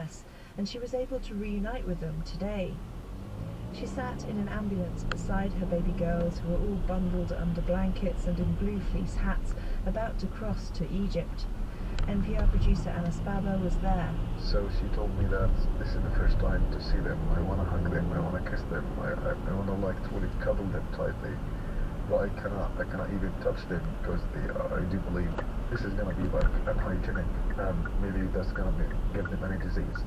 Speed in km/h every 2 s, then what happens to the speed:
0, 0, 15, 24, 23, 21, 27, 37, 44, 50, 50, 52, 50, 50, 45.
0-2 standing. 2-6 pulls away to 24. 10-18 speeds up to 50. 18-24 steady at about 50.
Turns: none.